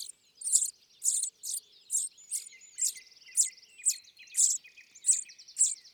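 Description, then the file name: Common chaffinch calling a clipped, bright note repeatedly, about twice per second, with softer trills and chatter in the background. "Fringilla coelebs"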